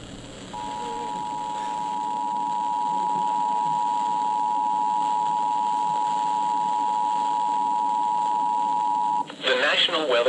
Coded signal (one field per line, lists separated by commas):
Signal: Emergency Alert System (SAME) tones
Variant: 853 and 960 Hz attention tone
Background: speech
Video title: Dam Break FFW Jumpscare | EAS #434-444 (Severe Weather Alerts from 5/6/2024)